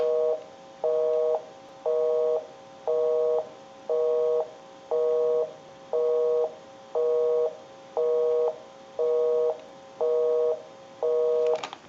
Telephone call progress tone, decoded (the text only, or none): busy tone